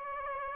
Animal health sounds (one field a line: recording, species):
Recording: mosquito wingbeat signal from an infrared sensor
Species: Aedes aegypti